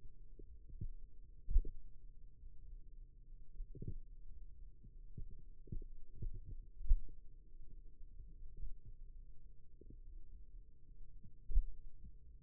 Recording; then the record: forearm muscle sounds (acoustic myography)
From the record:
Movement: finger pinch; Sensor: system 2, bracelet of six BSWA MPA416 microphones around the upper forearm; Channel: 3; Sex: male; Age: 22 years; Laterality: right